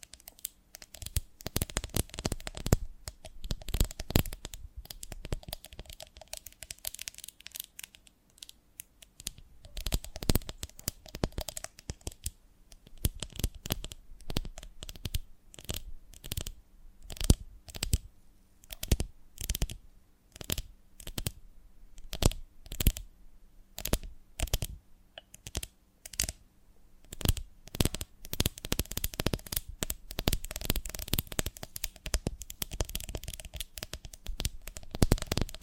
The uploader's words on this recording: ASMR of a Honeycomb on Branch (No Talking).